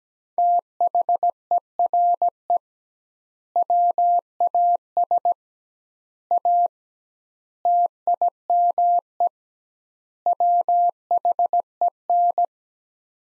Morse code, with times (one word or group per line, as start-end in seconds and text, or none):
0.4-2.6 THERE
3.6-5.3 WAS
6.3-6.7 A
7.7-9.3 TIME
10.3-12.4 WHEN